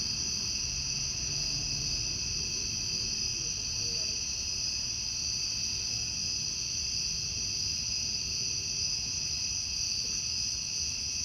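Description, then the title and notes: Cicadas droning in a dense, steady high buzzing chorus that never breaks, with a low rumble underneath. Outdoors in summer. "Ext Cicadas, Car Driving By, Summer by Bandeto"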